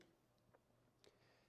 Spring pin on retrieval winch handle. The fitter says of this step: and you'll see when you pull it up towards the tripod, this button here, this pin will pop into place.